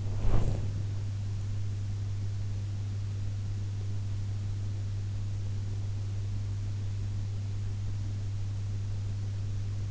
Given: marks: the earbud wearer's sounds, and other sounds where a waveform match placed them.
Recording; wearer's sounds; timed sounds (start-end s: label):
sounds in sleep by an in-ear microphone; body movement
0.00-1.04 s: body movement